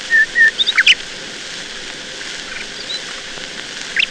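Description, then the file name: Nightingale song phrase: two short pure whistles and a brief burst of sharp notes, then a long pause with hiss before a few more notes at the end. "Solovei"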